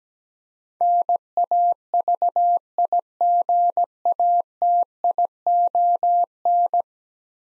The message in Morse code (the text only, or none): NAVIGATION